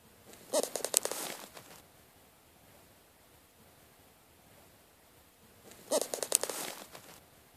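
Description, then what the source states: Wingbeats of a bird, heard as two brief clusters of quick papery flaps separated by a quiet gap of roughly four seconds. Bird flapping its wings.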